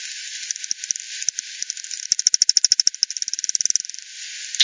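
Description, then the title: Bat echolocation calls as scattered ticks building into a fast, regular run of loud clicks, then a quieter quick series, over light hiss. "bat 20201007 T 18 : 10 Z-Hogsmill-Lane-Hogsmill-River-multiple-bats"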